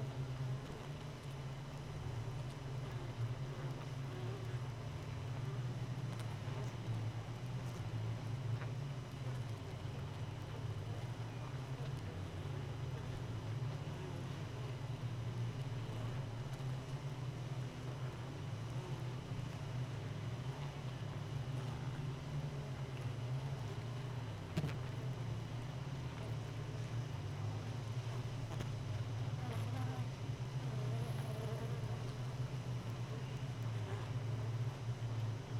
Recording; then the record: honeybee colony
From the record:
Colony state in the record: missing queen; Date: 31 May 2018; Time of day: 4:34